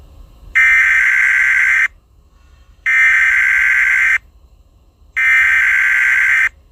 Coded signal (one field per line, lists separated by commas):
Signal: Emergency Alert System (SAME) tones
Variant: header bursts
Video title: EAS SCENARIO 4: Tacodile Attack